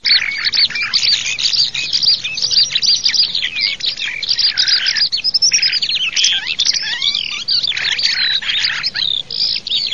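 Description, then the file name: Eurasian skylark song, an unbroken high warbling torrent of rapid trills, chirps and buzzy notes pouring on without pause throughout. "ALLODOLA"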